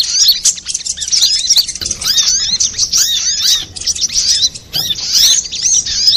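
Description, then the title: Little spiderhunter singing rapid, squeaky high trills with looping arched notes, almost continuous and broken by short pauses. Master recording for training cage birds; labelled Labaik. "Masteran Burung Sogok Ontong Labaik"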